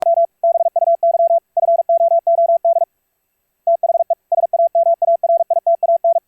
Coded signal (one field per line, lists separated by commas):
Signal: Morse code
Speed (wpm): 46 wpm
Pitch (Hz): 680 Hz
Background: none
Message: M BUY FOOD THE SAMARITAN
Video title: SonoBus i/q Stereo - VLF CW/IP - Morse Code QSO server - on Raspberry PI 4 - use LYSDR to demodulate